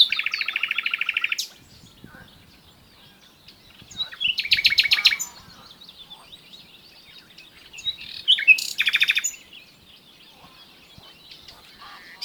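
Common nightingale song in three separate bursts: a fast, even rattle of repeated notes, a harsh buzzy run, then a rapid stuttering trill, with quiet pauses between.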